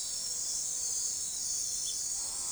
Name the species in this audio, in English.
none